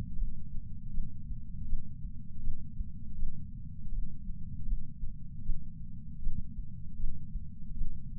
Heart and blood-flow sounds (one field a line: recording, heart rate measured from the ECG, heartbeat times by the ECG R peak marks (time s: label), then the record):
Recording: heart sounds by patch sensor on the chest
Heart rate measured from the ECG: 79 bpm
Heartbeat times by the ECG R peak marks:
0.17 s: heartbeat
0.92 s: heartbeat
1.67 s: heartbeat
2.41 s: heartbeat
3.16 s: heartbeat
3.92 s: heartbeat
4.66 s: heartbeat
5.44 s: heartbeat
6.21 s: heartbeat
6.97 s: heartbeat
7.75 s: heartbeat
From the record:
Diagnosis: coronary artery disease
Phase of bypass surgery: postoperative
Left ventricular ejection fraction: 60%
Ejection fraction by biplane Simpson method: 54%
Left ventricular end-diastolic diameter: 47 mm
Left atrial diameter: 39 mm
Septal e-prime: 8.6 cm/s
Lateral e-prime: 7.5 cm/s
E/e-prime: 10.3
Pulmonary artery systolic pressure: 24 mmHg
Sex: male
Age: 75 years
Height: 168 cm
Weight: 74 kg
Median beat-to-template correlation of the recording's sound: 0.84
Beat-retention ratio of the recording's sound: 0.99